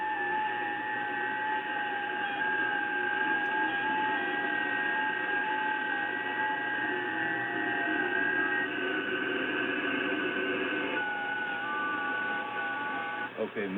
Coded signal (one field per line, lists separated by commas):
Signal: FT8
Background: speech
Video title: Digital Mode Segment from Ancient_Grass_5121 on WRMI The Voice of Shortwave Radio International